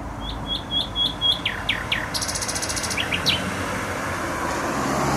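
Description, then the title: Nightingale repeating a clear whistled note five times, then slurred notes and a buzzy burst, while traffic noise swells and rumbles. Singing in bushes close to a noisy motorway, Trasa Toruńska, Bródno-Podgrodzie, Warsaw, Poland; recorded on an Olympus LS-11. "Bródno-Podgrodzie, Warszawa, Polska - Trasa Toruńska Nightingale"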